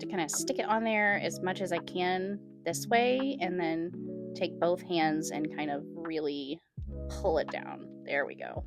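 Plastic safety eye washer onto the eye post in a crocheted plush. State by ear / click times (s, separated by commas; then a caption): not seated / none. Someone talks over background music while pushing the plastic washer of an 11 mm safety eye onto the eye post through the chenille crochet body of a crocheted plush, then pulling it down with both hands. Nothing has seated or clicked yet; the washer is not yet home.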